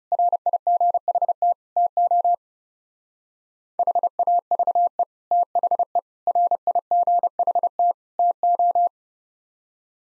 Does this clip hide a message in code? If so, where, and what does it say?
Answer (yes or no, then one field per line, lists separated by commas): yes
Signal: Morse code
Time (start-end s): 0.1-8.9 s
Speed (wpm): 39 wpm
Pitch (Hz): 700 Hz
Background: none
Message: RIGHT TO HAVE THE RIGHT TO